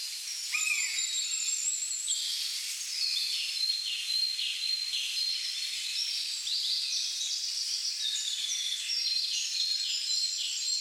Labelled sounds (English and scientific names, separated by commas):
Eurasian Sparrowhawk (Accipiter nisus)